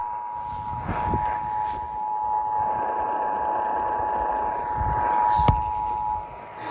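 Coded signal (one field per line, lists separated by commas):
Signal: Emergency Alert System (SAME) tones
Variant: 853 and 960 Hz attention tone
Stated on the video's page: Compilation of received Florida severe weather EAS alerts.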